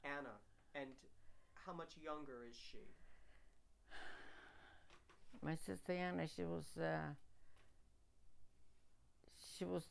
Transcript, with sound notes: Anna. And how much younger is she?
( she sighs ) My sister Anna, she was, uh, she was